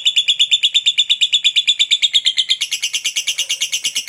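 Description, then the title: Lovebird giving a steady, rapid run of evenly spaced chirps, changing to a harsher, wider tone after two and a half seconds. Lovebird described as very skilled at memancing, baiting other birds into calling. "Dari Gayanya Lovebird Ini Terlihat Pintar Sekali Memancing"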